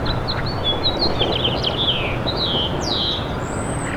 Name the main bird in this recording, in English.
House Finch